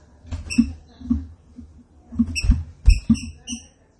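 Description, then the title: Green-winged saltator song: short, clipped whistled notes in quick pairs and clusters, with heavy low thumps and knocking sounds beneath. Classic song style (canto clássico), presented as a training recording. "Canto Clássico Trinca Ferro TREINAMENTO"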